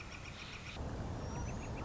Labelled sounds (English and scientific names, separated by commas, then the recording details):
Northern Flicker (Colaptes auratus)
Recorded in Sonoma County, California